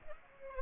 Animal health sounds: mosquito wingbeat signal from an infrared sensor; Aedes aegypti

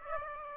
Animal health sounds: mosquito wingbeat signal from an infrared sensor; Aedes aegypti

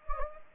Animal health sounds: mosquito wingbeat signal from an infrared sensor; Anopheles gambiae

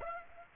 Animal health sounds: mosquito wingbeat signal from an infrared sensor; Aedes aegypti

